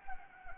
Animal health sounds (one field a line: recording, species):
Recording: mosquito wingbeat signal from an infrared sensor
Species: Anopheles gambiae